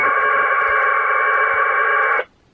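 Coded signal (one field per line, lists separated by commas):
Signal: packet radio (AX.25, as in APRS)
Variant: 1200 baud AFSK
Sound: one harsh warbling data burst, about two seconds long, then silence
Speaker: there this is the station this is the one I just sent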